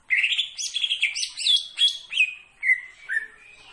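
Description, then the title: Greater green leafbird song: a rapid run of varied whistled and chattering notes, sliding up and down, with several short bursts toward the end. Singing actively, described with the Indonesian term gacor. "Cucak Ijo Gacor"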